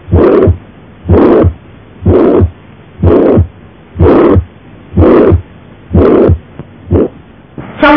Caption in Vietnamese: Tiếng thổi tâm thu còn nghe thấy trong một số bệnh tim bẩm sinh. Trong thông liên thất, ta nghe thấy tiếng thổi tâm thu rõ nhất ở liên sườn 3, 4, sát vỡ trái, lan theo hình đan hoa.